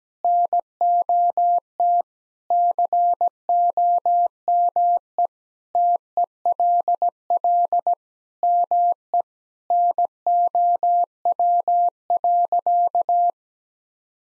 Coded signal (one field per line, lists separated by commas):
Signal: Morse code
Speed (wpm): 17 wpm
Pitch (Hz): 700 Hz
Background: none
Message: NOT COME TELL ME NOW.